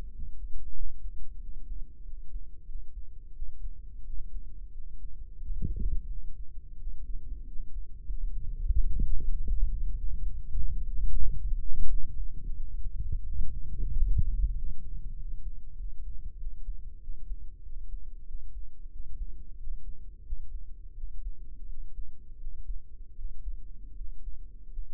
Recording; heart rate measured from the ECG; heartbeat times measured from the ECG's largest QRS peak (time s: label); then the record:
heart sounds by microphone in the left ear; 90 bpm
0.12 s: heartbeat
0.74 s: heartbeat
1.40 s: heartbeat
2.04 s: heartbeat
2.66 s: heartbeat
3.33 s: heartbeat
4.04 s: heartbeat
4.72 s: heartbeat
5.40 s: heartbeat
6.08 s: heartbeat
6.78 s: heartbeat
7.46 s: heartbeat
8.08 s: heartbeat
8.69 s: heartbeat
9.31 s: heartbeat
9.95 s: heartbeat
10.56 s: heartbeat
11.21 s: heartbeat
11.89 s: heartbeat
12.54 s: heartbeat
13.23 s: heartbeat
13.91 s: heartbeat
14.55 s: heartbeat
15.16 s: heartbeat
15.76 s: heartbeat
16.37 s: heartbeat
17.01 s: heartbeat
17.63 s: heartbeat
18.25 s: heartbeat
18.91 s: heartbeat
19.57 s: heartbeat
20.24 s: heartbeat
20.95 s: heartbeat
21.67 s: heartbeat
22.38 s: heartbeat
23.16 s: heartbeat
23.96 s: heartbeat
24.70 s: heartbeat
From the record:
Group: healthy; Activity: rest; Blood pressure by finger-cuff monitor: 106/67 mmHg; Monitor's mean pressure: 77 mmHg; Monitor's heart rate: 91 bpm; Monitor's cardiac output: 6.4 L/min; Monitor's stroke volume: 69 mL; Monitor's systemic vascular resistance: 860 dyn s/cm5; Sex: male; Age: 22 years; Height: 181 cm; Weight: 60 kg